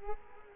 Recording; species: mosquito wingbeat signal from an infrared sensor; Culex quinquefasciatus